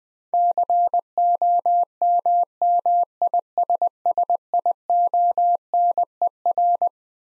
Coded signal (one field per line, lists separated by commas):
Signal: Morse code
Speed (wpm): 21 wpm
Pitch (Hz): 700 Hz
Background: none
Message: COMMISSIONER